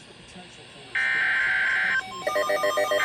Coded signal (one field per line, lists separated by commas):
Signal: Emergency Alert System (SAME) tones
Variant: header bursts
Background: speech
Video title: EAS #3115-3121 Severe Thunderstorm Warning 3-14-25